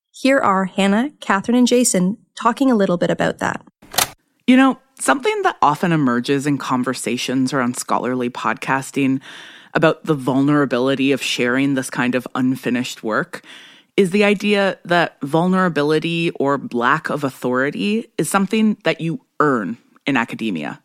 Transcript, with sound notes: Here are Hannah, Katherine, and Jason talking a little bit about that. [Record player clicks]
You know, something that often emerges in conversations around scholarly podcasting, about the vulnerability of sharing this kind of unfinished work, is the idea that vulnerability, or lack of authority, is something that you earn in academia.